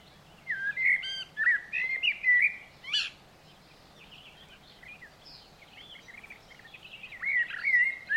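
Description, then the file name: Eurasian blackbird singing: a fluty warbled phrase ending in a high squeaky twitter, then after a quiet pause of about four seconds another phrase begins. "Turdus merula"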